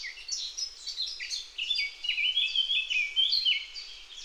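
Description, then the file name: Eurasian blackcap song, a fast, continuous warble of varied chirps and bright fluty notes, growing louder and richer in its second half. "Sylvia atricapilla"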